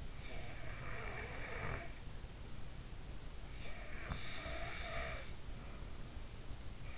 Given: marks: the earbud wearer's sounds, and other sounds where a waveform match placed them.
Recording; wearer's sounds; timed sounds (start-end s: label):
sounds in sleep by an in-ear microphone; breath
0.30-2.70 s: breath
3.73-6.08 s: breath